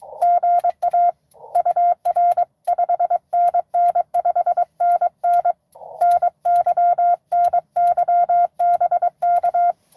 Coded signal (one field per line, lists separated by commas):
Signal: Morse code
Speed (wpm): 23 wpm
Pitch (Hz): 700 Hz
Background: none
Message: GA UR 5NN 5NN NY NY BK